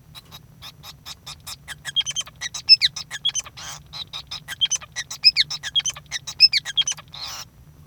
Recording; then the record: song of a male Bengalese finch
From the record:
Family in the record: son of father 5